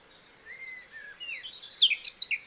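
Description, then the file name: Eurasian blackcap song, faint slurred whistles that lead into a short burst of loud, sharp high notes. "Sylvia atricapilla"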